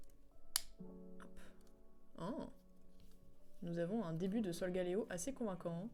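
A plastic snap-fit model kit part is pressed into the underside of a figure's neck and seats with a sharp click at 0.6 s. Music plays in the background and someone talks.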